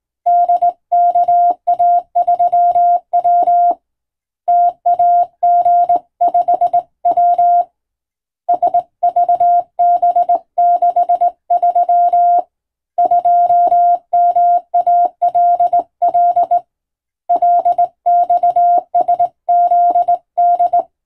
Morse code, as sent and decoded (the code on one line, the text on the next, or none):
-.. -.- .- ...-- .-- / - .- --. ..... .-- / ... ...- -... -.... ...-- / ..--- -- .- .-.. .-.. / .-.. -..- ... --.. -..
DKA3W TAG5W SVB63 2MALL LXSZD